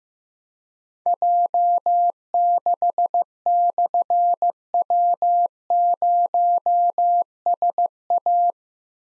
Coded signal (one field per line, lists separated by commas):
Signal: Morse code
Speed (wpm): 15 wpm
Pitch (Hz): 700 Hz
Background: none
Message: J6/W0SA